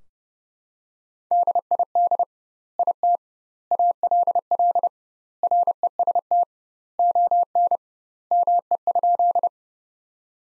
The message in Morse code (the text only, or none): DID IT ALL REST ON ME?